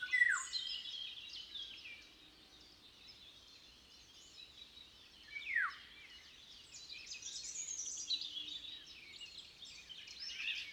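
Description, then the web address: Eurasian golden oriole giving harsh calls that slide steeply downward, one at the start and another near the middle, over a continuous high twittering chorus. "Oropendola europea Oriolus oriolus. aves papafigos"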